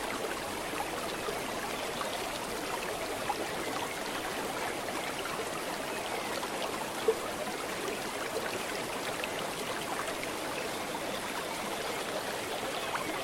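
Water rushes steadily in a dense, even hiss spread from the middle up into the bright highs, with little low rumble, like a waterfall. Small splashes and drips flicker through it, and one sharp tick stands out around seven seconds.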